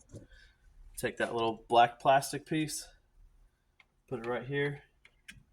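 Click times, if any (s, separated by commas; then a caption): none. A small black plastic trim piece is handled and positioned on the door panel of a 2004–2008 Ford F150 during a window regulator replacement, while someone talks. A few faint, brief ticks are heard in the pauses, but nothing has seated or clicked yet.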